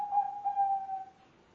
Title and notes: Pikat Burung Tekukur. Kumpulan suara burung tekukur